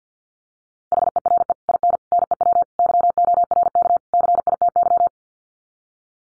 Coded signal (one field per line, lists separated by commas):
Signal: Morse code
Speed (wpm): 50 wpm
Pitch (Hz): 700 Hz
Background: none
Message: HERE IN NEW YORK CITY